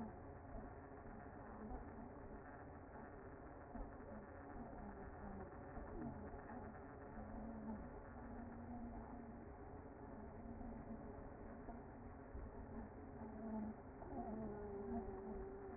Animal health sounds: honeybee colony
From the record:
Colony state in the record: active

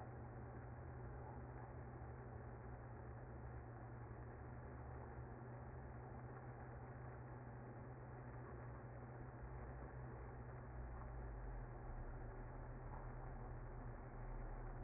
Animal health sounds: honeybee colony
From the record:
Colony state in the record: active

